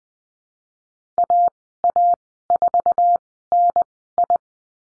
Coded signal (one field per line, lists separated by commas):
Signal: Morse code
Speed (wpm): 20 wpm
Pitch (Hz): 700 Hz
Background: none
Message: AA4NI